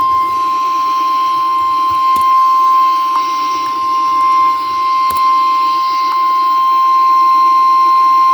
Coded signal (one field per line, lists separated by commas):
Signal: Emergency Alert System (SAME) tones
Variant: 1050 Hz attention tone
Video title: Severe Thunderstorm Warning on WZAK-FM and WENZ (EAS #703-704)